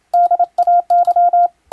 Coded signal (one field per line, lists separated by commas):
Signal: Morse code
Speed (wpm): 27 wpm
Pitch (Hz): 700 Hz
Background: none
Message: DAY